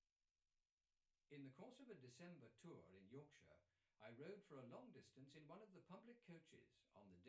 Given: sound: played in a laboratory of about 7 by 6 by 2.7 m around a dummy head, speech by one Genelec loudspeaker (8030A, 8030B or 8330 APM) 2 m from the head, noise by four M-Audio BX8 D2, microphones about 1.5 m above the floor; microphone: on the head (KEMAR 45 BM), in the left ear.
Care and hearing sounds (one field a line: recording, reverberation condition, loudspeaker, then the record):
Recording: male speech in English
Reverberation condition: low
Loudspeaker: 60 degrees to the right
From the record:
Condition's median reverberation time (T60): about 310 ms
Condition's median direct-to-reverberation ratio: about 3.5 dB